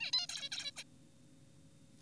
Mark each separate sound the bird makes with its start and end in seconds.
0.00-0.11, 0.13-0.27, 0.29-0.49, 0.52-0.71, 0.77-0.83